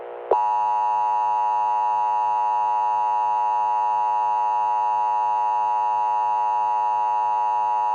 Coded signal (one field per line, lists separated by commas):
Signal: Emergency Alert System (SAME) tones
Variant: 853 and 960 Hz attention tone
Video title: EAS Scenario: Frederick County To National Fire Outbreak (Part 1)